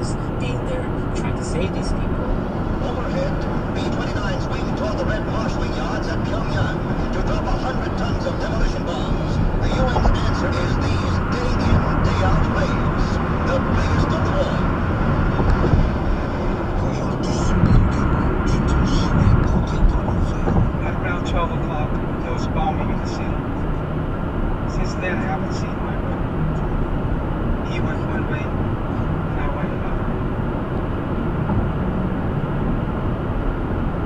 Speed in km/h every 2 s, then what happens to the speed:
113, 113, 111, 113, 114, 114, 114, 114, 111, 111, 111, 113, 114, 116, 118, 118, 116.
0-34 steady at about 114.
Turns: none.